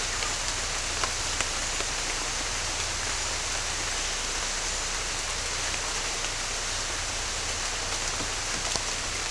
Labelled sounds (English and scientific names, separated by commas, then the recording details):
none
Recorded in secondary vegetation near Puerto Asís, Putumayo, Colombia, on 21 December 2024 at 15:00
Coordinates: 0.498, -76.327
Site GP07